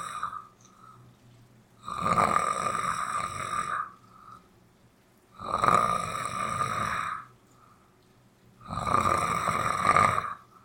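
Adult sleeper snoring: loud, rough snores recur about every three and a half seconds, with quiet breathing between them and rain in the background.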